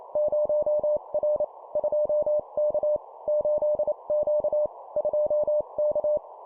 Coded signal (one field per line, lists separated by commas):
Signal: Morse code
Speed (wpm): 28 wpm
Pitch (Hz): 600 Hz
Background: none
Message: 0R 2K 8Q 2K